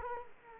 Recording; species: mosquito wingbeat signal from an infrared sensor; Culex quinquefasciatus